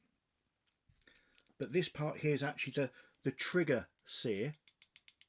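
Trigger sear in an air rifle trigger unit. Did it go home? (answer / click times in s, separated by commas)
yes / 5.0 s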